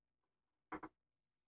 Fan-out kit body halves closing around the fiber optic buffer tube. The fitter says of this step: sleeve in it for the buffer tube and a housing space cut out or the body of the fan out kid snaps into place